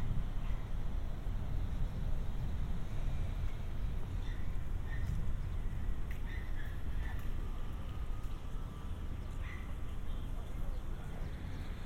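A binaural walk through San Diego streets, with a steady, dense low rumble of traffic filling the whole stretch. Faint voices drift in and out, and brief chirps or squeaks pop up around the middle and again near the end.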